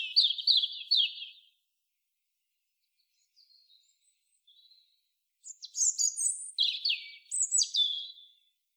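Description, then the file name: European robin song in two bursts of high, tinkling, jumbled notes. A few faint soft notes fall in the pause between them. "Erithacus rubecula"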